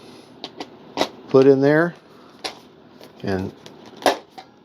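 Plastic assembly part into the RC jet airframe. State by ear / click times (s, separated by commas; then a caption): seated / 4.1 s. A second plastic swing-in part on the other side of an E-flite 64mm Viper RC jet airframe is inserted into its hole and swung back until it snaps, seating with a sharp click at 4.1 s. Someone talks before and after, and a few lighter taps and knocks of handling are heard earlier in the clip.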